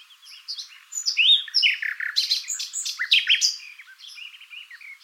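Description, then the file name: Common nightingale song, dense and continuous, with overlapping chirps, squeaks and harsh notes tumbling together without clear pauses. "Luscinia megarhynchos"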